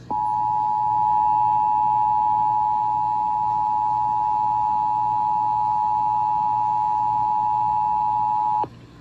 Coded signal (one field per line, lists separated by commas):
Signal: Emergency Alert System (SAME) tones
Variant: 853 and 960 Hz attention tone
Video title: Enhanced Chaos | EAS Alerts from 4/4/22 (EAS #107-153)